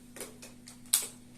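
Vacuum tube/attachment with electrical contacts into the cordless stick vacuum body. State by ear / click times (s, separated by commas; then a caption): seated / 0.9 s. A tube attachment with electrical plug contacts is pushed into the main body of a Samsung Jet 85 cordless stick vacuum, with a few faint ticks of handling around 0.2, 0.4 and 0.7 seconds. It locks home with a sharp plastic click at 0.9 seconds. The attachment is seated, and it attaches and removes easily.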